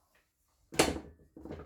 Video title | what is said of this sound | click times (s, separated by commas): New Evolution Ext 18v range, R185SMS Sliding Mitre Saw | into place you gotta push it on far enough until you hear the clicks | 0.8 s